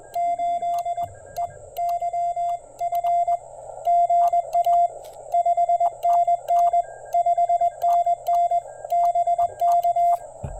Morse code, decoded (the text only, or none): 8 E YF GA 5NN 5NN BK